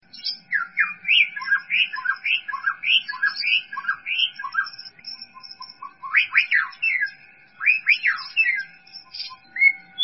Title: Kicau Murai Batu